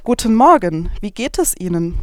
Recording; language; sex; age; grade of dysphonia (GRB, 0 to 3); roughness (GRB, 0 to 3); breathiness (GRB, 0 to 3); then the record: spoken sentence; German; female; 20 to 29 years; 0; 0; 0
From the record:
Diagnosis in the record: healthy voice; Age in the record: 23 years